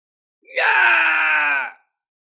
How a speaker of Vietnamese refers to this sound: Một tiếng hét thảm phát ra, một vùng hoa máu nở rộ, sau đó là sự yên tĩnh của tử vong.